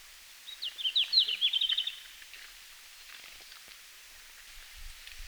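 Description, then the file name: Red-flanked bluetail singing a single quick, chattering high phrase that drops slightly toward the end, followed by quiet background with faint low thumps. Recorded in Finland on 17 June 2019 at 17:00. "Robin à flancs roux-20190617-1700-Finlande"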